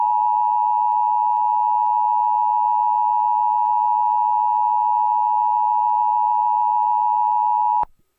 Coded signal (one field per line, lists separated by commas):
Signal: Emergency Alert System (SAME) tones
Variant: 853 and 960 Hz attention tone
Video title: EAS Scenario #12 - Extreme Blizzard